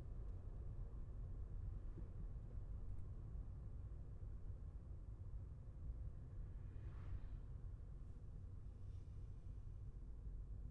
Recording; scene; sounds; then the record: everyday scene through a hearing-aid microphone; in a vehicle; engine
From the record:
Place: Skoda Fabia, gasoline engine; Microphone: behind the ear, left, rear